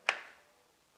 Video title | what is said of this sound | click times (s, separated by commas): How to Assemble a desktop by Prof Ahmed Nur | Put the force on this side, it will lock. | 0.1 s